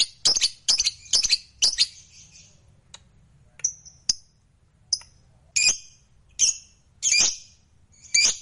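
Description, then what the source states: Lovebird song of sharp, shrill chirps and harsh squawks, high-pitched and in bursts, with short quiet gaps between clusters. Lovebird described as a fighter bird singing energetically (gacor).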